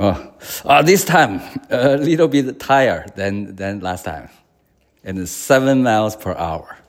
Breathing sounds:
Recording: free speech after running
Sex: male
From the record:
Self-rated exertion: moderate exertion (3 of 6)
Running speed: 7 miles an hour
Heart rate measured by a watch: 117 beats a minute at the start, 114 at the end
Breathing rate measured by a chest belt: 18 breaths a minute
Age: 57 years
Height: 170 cm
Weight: 58 kg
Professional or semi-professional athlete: no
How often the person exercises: 3 to 5 times a week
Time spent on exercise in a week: 4 to 5 hours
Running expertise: no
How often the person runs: 3 to 5 times a week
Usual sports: running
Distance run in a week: 50 km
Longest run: 50 km

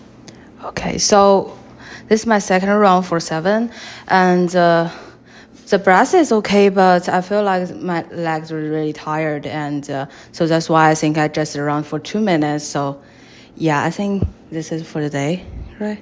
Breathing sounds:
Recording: free speech after running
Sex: female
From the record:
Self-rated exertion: moderate exertion (3 of 6)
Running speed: 7 miles an hour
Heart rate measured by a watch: 112 beats a minute at the start, 109 at the end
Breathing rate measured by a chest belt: 10 breaths a minute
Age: 23 years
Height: 163 cm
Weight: 70 kg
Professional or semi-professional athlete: no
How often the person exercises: 1 to 2 times a week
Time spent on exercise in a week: 1 to 2 hours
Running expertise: no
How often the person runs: 1 to 2 times a week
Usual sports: running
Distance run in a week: 7 km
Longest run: 7 km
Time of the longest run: 50 minutes

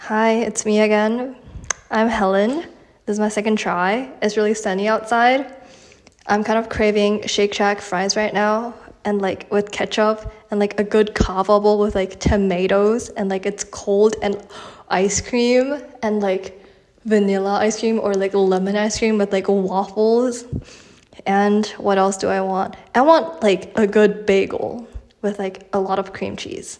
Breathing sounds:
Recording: free speech after running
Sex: female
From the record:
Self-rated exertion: light exertion (2 of 6)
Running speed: 5 miles an hour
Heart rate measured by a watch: 108 beats a minute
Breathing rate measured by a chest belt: 13 breaths a minute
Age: 18 years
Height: 167 cm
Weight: 50 kg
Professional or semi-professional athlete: no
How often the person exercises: 1 to 2 times a week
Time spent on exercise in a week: 1 to 2 hours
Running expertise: no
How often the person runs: 1 to 2 times a week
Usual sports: running, walking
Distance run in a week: 1 to 2 km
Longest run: 6 km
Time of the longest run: 34 minutes

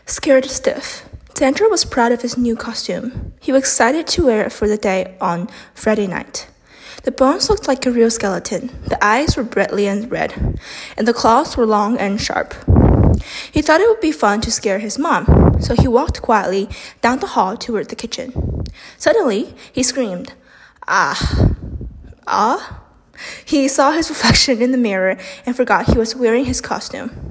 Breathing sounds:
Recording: reading aloud after running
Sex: female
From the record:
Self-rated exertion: moderate exertion (3 of 6)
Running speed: 5 miles an hour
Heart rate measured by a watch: 149 beats a minute at the start, 147 at the end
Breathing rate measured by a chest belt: 23 breaths a minute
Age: 18 years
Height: 171 cm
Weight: 75 kg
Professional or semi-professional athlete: no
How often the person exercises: 1 to 2 times a week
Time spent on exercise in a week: under 1 hour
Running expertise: no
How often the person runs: 1 to 2 times a week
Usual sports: running, fencing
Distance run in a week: 3 km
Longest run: 21.3 km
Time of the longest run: 190 minutes

